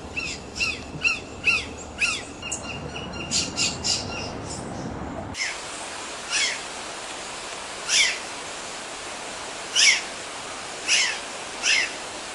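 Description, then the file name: Azure jay giving loud, harsh, raspy calls, a quick burst of notes over about five seconds, then after an abrupt cut, a few widely spaced single calls. "canto da gralha azul"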